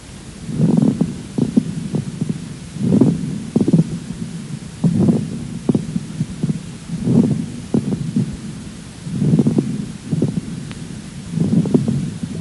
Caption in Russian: Влажные мелкопузырчатые хрипы у больной с острой бронхопневмонией. Основной дыхательный шум представлен жестким дыханием. Эти хрипы лучше выслушиваются во время вдоха.